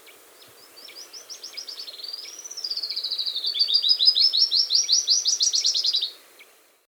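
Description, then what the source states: Three-striped warbler song: a series of high, evenly repeated notes that builds in loudness and wavers in pitch, lasting about six seconds. South America.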